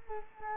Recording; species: mosquito wingbeat signal from an infrared sensor; Culex quinquefasciatus